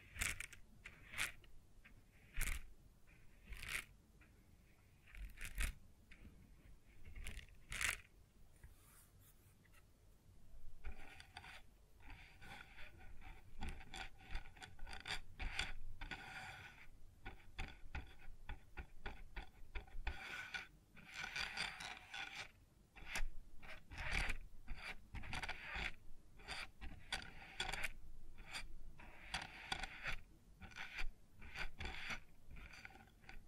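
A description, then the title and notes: Sounds on a wooden surface: scraping, rubbing and tapping in an irregular rhythm. The first ten seconds hold sparse sharp knocks with gaps between them. After that the sound turns into denser, brighter rasping strokes that continue to the end. ASMR Sounds on Wooden Surface (No Talking).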